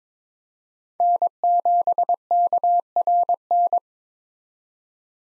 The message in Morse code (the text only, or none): N7KRN